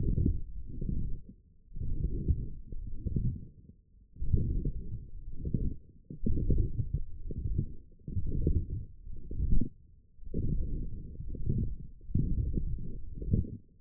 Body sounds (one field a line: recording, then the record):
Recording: forearm muscle sounds (acoustic myography)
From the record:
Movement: forearm pronation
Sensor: system 1, eight BSWA MPA416 microphones around the upper forearm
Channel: 2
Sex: male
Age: 20 years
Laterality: left